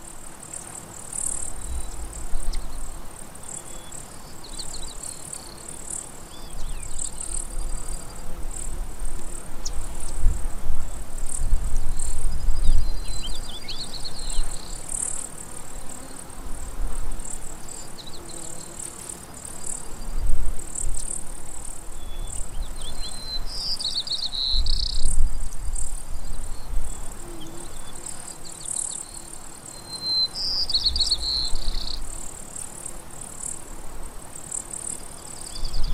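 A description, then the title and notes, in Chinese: Insects chirp steadily through an autumn afternoon, a thin high trilling that never stops, with brighter bird-like calls standing out near 24 and 31 seconds. A soft breeze rumbles low underneath, swelling in gusts around 12, 20 and 25 seconds. 秋日午后的微风、虫鸣。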